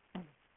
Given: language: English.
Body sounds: throat vibration sensor signal played as sound; throat clearing

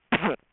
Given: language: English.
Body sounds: throat vibration sensor signal played as sound; cough

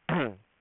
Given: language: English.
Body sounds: throat vibration sensor signal played as sound; throat clearing

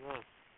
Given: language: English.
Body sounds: throat vibration sensor signal played as sound; speech

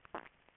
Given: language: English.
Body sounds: throat vibration sensor signal played as sound; swallow

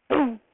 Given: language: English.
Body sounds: throat vibration sensor signal played as sound; throat clearing

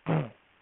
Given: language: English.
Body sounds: throat vibration sensor signal played as sound; throat clearing

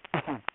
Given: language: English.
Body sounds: throat vibration sensor signal played as sound; cough

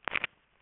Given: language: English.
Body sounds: throat vibration sensor signal played as sound; swallow

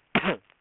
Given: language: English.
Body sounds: throat vibration sensor signal played as sound; cough

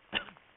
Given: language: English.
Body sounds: throat vibration sensor signal played as sound; cough

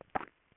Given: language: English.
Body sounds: throat vibration sensor signal played as sound; swallow

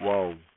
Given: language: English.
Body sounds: throat vibration sensor signal played as sound; speech

